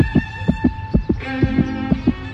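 A girl's frightened, rapid heartbeat thuds in quick paired beats, steady and insistent, over a faint sustained humming drone that thickens partway through. No voices are heard.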